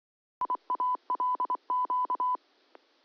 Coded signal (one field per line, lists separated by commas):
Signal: Morse code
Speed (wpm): 24 wpm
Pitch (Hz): 1000 Hz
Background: none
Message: IALQ